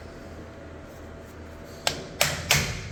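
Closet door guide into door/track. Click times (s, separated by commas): 2.2 s, 2.5 s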